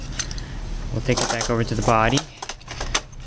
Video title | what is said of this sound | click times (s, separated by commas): Zodiac MX8 Getting Stuck, Moving Slowly or Going in Small Circles | that goes right there and it just snaps right in | 0.3 s, 0.4 s